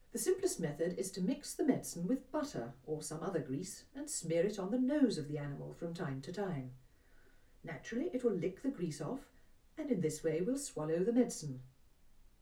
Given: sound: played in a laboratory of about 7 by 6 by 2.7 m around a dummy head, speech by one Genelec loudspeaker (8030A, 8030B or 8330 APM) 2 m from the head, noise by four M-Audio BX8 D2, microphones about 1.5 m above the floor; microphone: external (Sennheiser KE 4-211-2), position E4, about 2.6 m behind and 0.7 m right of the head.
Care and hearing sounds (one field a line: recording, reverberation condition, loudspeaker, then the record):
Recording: female speech in English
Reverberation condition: low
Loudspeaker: 30 degrees to the left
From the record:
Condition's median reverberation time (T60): about 310 ms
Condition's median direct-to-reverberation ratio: about 3.5 dB